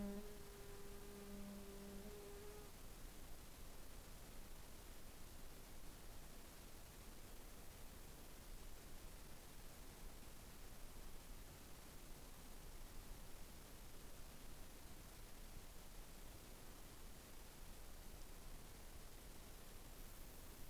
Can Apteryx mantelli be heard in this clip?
no